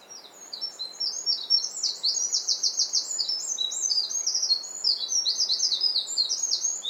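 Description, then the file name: Eurasian wren song, a rapid high-pitched string of trills and rattling notes that keeps going for the whole stretch. "Troglodytes troglodytes"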